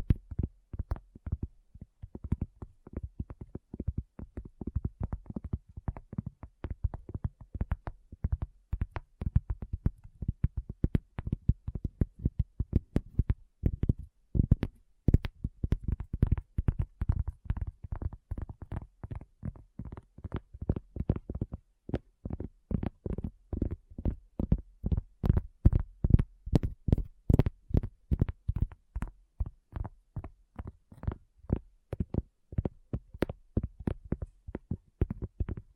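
Tapping runs without a break for the whole stretch, a dense string of quick, dull knocks weighted toward the low end with a soft thud to each. The pace stays fast and fairly even, with some knocks landing harder, especially past the midpoint.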